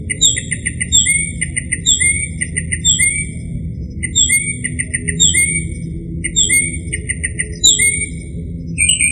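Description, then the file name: Northern mockingbird song, a short sweeping note repeated many times in runs, over a low background hum. "kicauan burung northern mockingbird. omkicau"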